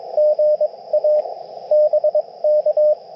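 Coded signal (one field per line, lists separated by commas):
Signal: Morse code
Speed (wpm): 20 wpm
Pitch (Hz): 590 Hz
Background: radio noise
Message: GA BK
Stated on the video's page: CW Parks on the Air activation with a Yaesu FT-891 and a Chameleon MPAS Lite antenna.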